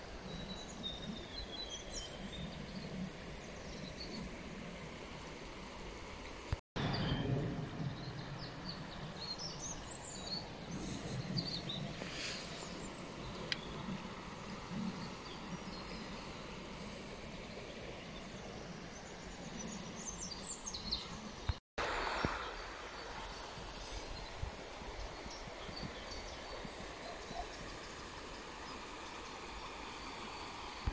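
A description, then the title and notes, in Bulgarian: The Iskar river rushes in a steady, dense low roar with faint chirps above, broken by two brief silent cuts near 7 and 22 seconds. Река "Искър" около Герман.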